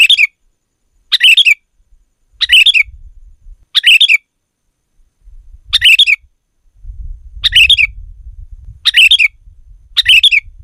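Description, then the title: Sooty-headed bulbul giving eight brief bubbly chirping phrases at irregular intervals, over intermittent low rumbling background noise. "kutilang"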